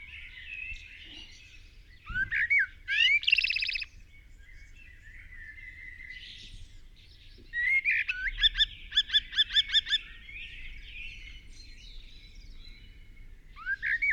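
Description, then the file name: Common blackbird singing varied phrases of whistled upsweeps, rapid trills and a run of repeated notes. "Turdus merula"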